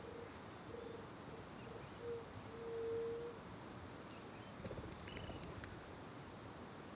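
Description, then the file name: Cricket song as a constant high buzz, with several low hooting notes in the first half and a few clicks and bird notes later. Recorded in the morning with back to the river near the Angelica cave; several birds present; crickets first far away, then nearby; AB stereo recording. "De costas para o rio perto da caverna angelica de manha, varios passaros, grilos longe e depois perto, gravacao em ab"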